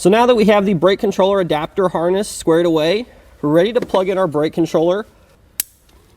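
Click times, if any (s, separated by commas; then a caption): 5.6 s. Someone talks, then the black rectangular plastic connector of the adapter harness is plugged into the back of a Curt Discovery NEXT trailer brake controller on a 2015 Toyota 4Runner. A sharp click sounds at 5.6 s as the connector locks into place, and it is seated.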